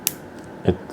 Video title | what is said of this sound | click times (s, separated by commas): DUMMY 13 Printable Jointed Figure Solved! How to print dummy 13 in PLA - Part 1 | it's not all the way in, which is why his legs are popping. | 0.1 s